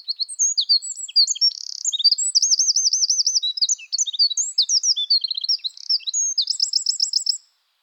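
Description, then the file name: Eurasian wren song: a long, rapid outpouring of very high, sharp notes, with fast trills near the middle and end, lasting about seven seconds against a silent background. "Troglodytes troglodytes"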